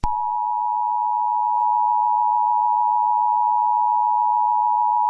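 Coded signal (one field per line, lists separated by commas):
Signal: Emergency Alert System (SAME) tones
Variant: 853 and 960 Hz attention tone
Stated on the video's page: Simulated EAS scenario tones for a fictional SCP 4975 scenario.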